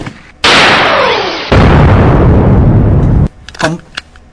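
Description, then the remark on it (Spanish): A loud gunfire sound effect, mock shots aimed at a young man, roars for about three seconds in two harsh, sustained surges, then cuts off abruptly, leaving a quieter tail with a few brief scattered noises. “Por ese motivo, este muchacho se hace acreedor de nuestros disparos.”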